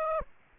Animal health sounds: mosquito wingbeat signal from an infrared sensor; Aedes aegypti

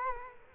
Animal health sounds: mosquito wingbeat signal from an infrared sensor; Culex quinquefasciatus

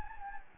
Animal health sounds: mosquito wingbeat signal from an infrared sensor; Anopheles gambiae

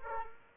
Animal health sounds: mosquito wingbeat signal from an infrared sensor; Culex pipiens

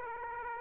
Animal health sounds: mosquito wingbeat signal from an infrared sensor; Aedes aegypti

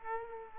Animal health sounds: mosquito wingbeat signal from an infrared sensor; Aedes aegypti

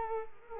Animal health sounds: mosquito wingbeat signal from an infrared sensor; Culex quinquefasciatus

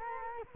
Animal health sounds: mosquito wingbeat signal from an infrared sensor; Culex quinquefasciatus

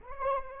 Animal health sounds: mosquito wingbeat signal from an infrared sensor; Anopheles arabiensis

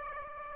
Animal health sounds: mosquito wingbeat signal from an infrared sensor; Aedes aegypti

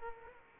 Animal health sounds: mosquito wingbeat signal from an infrared sensor; Culex quinquefasciatus

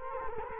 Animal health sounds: mosquito wingbeat signal from an infrared sensor; Culex quinquefasciatus

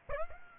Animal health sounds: mosquito wingbeat signal from an infrared sensor; Aedes aegypti

